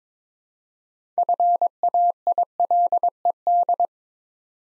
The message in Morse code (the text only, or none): FAILED